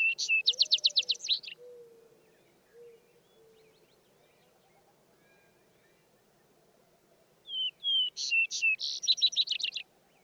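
Vesper sparrow song: the trilled ending of one song, a pause with faint low whistles, then a full song of clear opening notes running into a quick jumbled trill.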